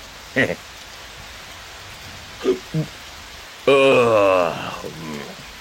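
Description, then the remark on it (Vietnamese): A steady hiss of rain with wind runs through the whole clip, while short bursts of voice break in over it, a longer stretch of speech near the end. “Thôi, Tôi đi nằm đây, mưa gió quá.”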